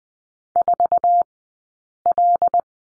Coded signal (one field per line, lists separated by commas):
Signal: Morse code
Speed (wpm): 20 wpm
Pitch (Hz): 700 Hz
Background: none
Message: 4L